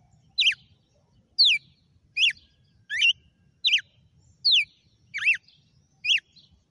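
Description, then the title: Red-cowled cardinal in a steady series of eight bright, downward-sweeping whistled notes, roughly one every second, in a quiet setting. Female red-cowled cardinal named Fenrir, singing; its song today is the style called açoite. "Canto Galo Campina Fêmea 06. GALO DE CAMPINA FENRIR - HJ FOI AÇOITE VIU??"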